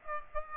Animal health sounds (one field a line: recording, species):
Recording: mosquito wingbeat signal from an infrared sensor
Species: Aedes aegypti